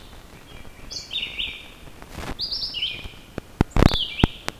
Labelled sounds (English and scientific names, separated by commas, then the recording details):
Red-eyed Vireo (Vireo olivaceus) song
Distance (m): 15 m
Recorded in boreal forest in Alberta, Canada, on 14 June 2016 at 06:28
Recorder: SongMeter 3, array SBT-3-33
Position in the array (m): 153 m, 177 m